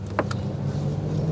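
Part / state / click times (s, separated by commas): wiring harness connector onto LED headlight bulb / seated / 0.2 s, 0.3 s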